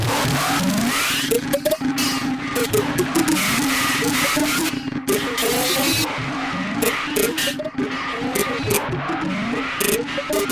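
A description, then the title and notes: Sporadic percussive textures: sharp clicks and knocks land at irregular moments throughout, some bright and cutting, others duller. Beneath them runs a dense, churning low drone with wavering pitched tones, keeping the overall level fairly constant with no real pauses. Experimental Textures with Percussion Modules and Burst Generators. In this episode we trigger the Kraken and BIA with burst generators to create sporadic percussive textures which are then run through a plethora of FX modules!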